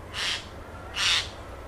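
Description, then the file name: Eurasian jay calling twice, two hoarse noisy screeches, each rough and wide-band, over a quiet low rumble. "Garrulus glandarius"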